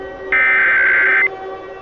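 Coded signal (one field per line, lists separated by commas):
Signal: Emergency Alert System (SAME) tones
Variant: header bursts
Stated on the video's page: Fictional EAS scenario based on the game Sprunki.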